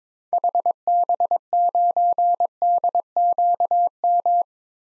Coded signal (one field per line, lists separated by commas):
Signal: Morse code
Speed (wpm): 22 wpm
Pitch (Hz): 700 Hz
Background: none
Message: HB9DQM